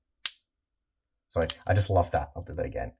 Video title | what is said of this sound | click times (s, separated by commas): My Ultimate Electronics Teardown Tools | you get that really nice click and then you just push it in and it will self loock | 0.3 s